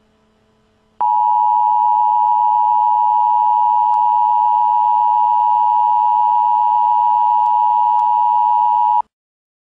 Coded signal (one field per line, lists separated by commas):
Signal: Emergency Alert System (SAME) tones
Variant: 853 and 960 Hz attention tone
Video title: EAS local area emergency